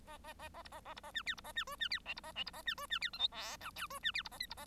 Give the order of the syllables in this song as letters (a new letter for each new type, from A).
A A A A B A A B A C D B A C E C D F B A F B A C E C D G H I J K E C D B A L B A